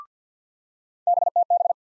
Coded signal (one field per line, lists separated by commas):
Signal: Morse code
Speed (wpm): 50 wpm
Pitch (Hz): 700 Hz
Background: none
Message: BTB